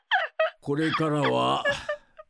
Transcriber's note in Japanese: さらに激しく泣く